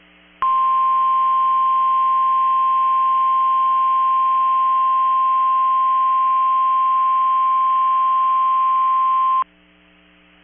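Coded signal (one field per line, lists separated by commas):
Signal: Emergency Alert System (SAME) tones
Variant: 1050 Hz attention tone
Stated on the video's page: NOAA Weather Radio transmitter Required Weekly Test.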